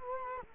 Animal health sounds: mosquito wingbeat signal from an infrared sensor; Culex quinquefasciatus

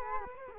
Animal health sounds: mosquito wingbeat signal from an infrared sensor; Culex quinquefasciatus

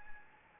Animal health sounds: mosquito wingbeat signal from an infrared sensor; Anopheles gambiae

